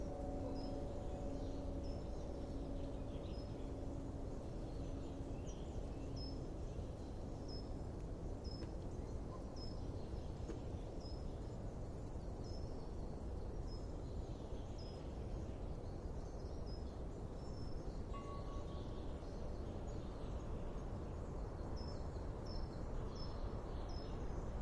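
Wind chimes in an autumn wind: a steady, dense low roar of wind runs throughout, with a few soft, sustained chime tones lingering in the first half and another ringing up around eighteen seconds. Small, bright ticks repeat about once a second across the whole clip.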